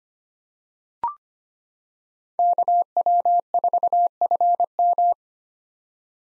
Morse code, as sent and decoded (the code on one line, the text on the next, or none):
-.- .-- ....- ..-. --
KW4FM